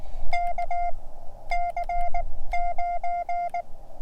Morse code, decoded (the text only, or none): KC9